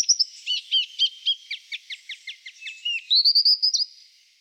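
Silvereye song: a rapid warbled run of high chirps and downslurred notes, ending in a quick series of higher, thinner notes.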